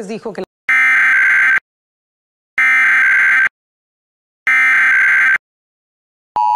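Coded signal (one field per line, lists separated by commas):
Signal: Emergency Alert System (SAME) tones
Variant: header bursts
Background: speech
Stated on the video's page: Monthly EAS tests, mostly required monthly tests, from TV stations; encoders are DASDEC-IIs unless noted.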